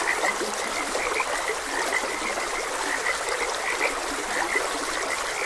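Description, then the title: Frogs croaking in a dense chorus, short bright notes repeating constantly over the steady hiss of flowing stream water. Frogs croaking beside a gentle stream. "Gentle Stream and Frogs Croaking"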